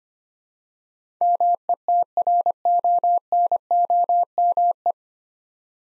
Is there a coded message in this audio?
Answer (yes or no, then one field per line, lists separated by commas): yes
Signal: Morse code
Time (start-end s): 1.2-4.9 s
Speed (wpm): 25 wpm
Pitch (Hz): 700 Hz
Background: none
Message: METRONOME